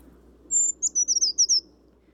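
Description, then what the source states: Brown creeper song: a drawn-out, very high, thin note followed by a quick jumble of several tinny notes, over a faint low hum. Small flock of brown creepers moving through during fall migration along a creek southwest of Rochester, heard from a kayak; recorded with a phone bird-identification app; sound described as a little piercing.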